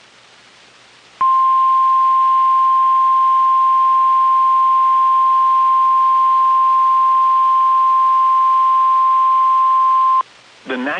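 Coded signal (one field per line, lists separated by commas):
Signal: Emergency Alert System (SAME) tones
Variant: 1050 Hz attention tone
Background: speech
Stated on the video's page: Severe storm and tornado warnings received from NOAA Weather Radio stations in Kentucky, Tennessee and Indiana.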